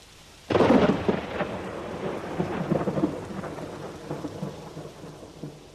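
A sudden loud thunderclap bursts in after a half-second, then rolls and rumbles on beneath a steady hiss of heavy rain for several seconds.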